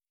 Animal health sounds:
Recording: hydrophone in a shrimp aquaculture tank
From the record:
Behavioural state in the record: stressed

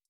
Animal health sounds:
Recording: hydrophone in a shrimp aquaculture tank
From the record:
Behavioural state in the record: stressed

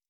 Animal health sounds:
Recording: hydrophone in a shrimp aquaculture tank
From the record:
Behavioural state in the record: stressed

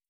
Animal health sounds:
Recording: hydrophone in a shrimp aquaculture tank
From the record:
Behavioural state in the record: starved

